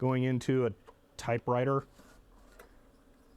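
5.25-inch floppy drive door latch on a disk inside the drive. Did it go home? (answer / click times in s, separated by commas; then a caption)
yes / 2.6 s. Someone talks as a 5.25-inch floppy disk is pushed into the drive of a Xerox MemoryWriter word-processor typewriter. The drive door lever is closed on it, and the latch gives a quiet click at 2.6 s, seating the disk, after which the drive spins up.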